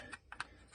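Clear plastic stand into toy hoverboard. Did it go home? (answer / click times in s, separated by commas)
yes / 0.3 s, 0.4 s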